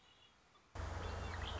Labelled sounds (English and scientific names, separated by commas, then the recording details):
Red-winged Blackbird (Agelaius phoeniceus)
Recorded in Sonoma County, California